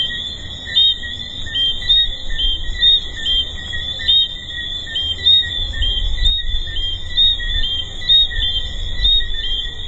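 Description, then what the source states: Tree frog chorus of high, overlapping chirping notes repeating about once per second over a continuous shrill drone, with faint low rumble beneath. Recorded at Hedonism II resort.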